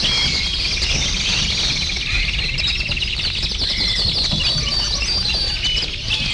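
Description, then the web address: Birds singing together, a busy blend of bright chirps and quick trilled notes, with a persistent low hum underneath. "efectos sonido pajar"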